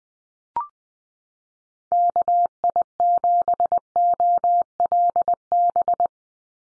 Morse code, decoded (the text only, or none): KI7OLB